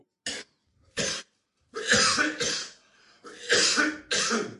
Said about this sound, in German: Ich übersteuere, wenn ich huste.